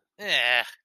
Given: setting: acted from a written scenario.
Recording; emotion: vocal sound without words; contempt